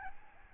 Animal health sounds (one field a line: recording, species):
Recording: mosquito wingbeat signal from an infrared sensor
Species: Aedes albopictus